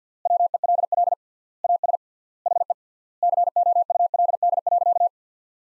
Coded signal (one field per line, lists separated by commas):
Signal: Morse code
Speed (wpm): 50 wpm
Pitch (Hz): 700 Hz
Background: none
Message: WELL AS HE COULD.